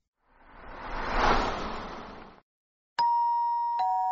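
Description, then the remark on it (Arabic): An apartment doorbell rings with a loud two-note ding-dong chime, each bright tone ringing on after it is struck, in the daytime of 8 January 1967. A soft rushing whoosh swells and fades just before it. “ذهبت لأفتح الباب في شقتي بالدق، متوقعا كالعادة أن من يرن الجرس هو شخص يلومني على شيء ما، أو يزف لي مصيبة، أو يريد نقودا، أو يقترض شيئا لن يرجع.”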